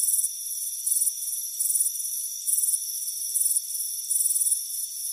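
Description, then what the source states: Cricket chirps in sharp, high trilled bursts repeating at a steady pace over a thin steady background tone. Crickets chirping on a warm afternoon by a front porch.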